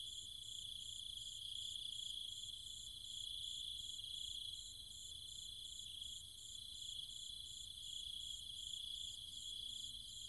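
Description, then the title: Cicadas in a dense insect chorus, an even high buzzing drone under a fast repeated pulsing trill, continuing without pause. Cicadas and other insects calling at night in trees and fields, Chiang Mai, Thailand. "Cicada countryside, Thailand"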